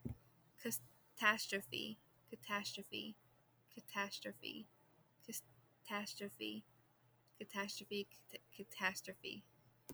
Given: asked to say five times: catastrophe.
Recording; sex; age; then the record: repeated word; female; 20 to 29 years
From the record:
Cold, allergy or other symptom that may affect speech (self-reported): no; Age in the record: 25 years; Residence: North Carolina, United States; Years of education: 16